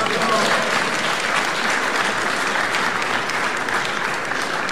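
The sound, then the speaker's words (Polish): Sustained applause from a crowd, a dense steady patter of many hands clapping at an even loudness throughout, with no voices standing out above it. “Kurczę, nie byłem przygotowany na brawa i zapomniany co mam.”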